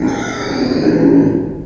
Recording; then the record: squeal of a Yucatan mini pig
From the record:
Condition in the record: before surgery on the right vocal fold (resection and tissue-engineered implant); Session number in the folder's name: 1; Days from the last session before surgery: -21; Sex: female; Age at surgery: 19 weeks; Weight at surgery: 25 kg